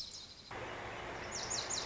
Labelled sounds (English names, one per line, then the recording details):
Lazuli Bunting
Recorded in Sonoma County, California